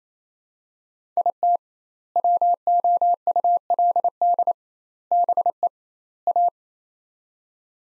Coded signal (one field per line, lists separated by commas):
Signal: Morse code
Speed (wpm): 28 wpm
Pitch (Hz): 700 Hz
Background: none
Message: IT WOULD BE A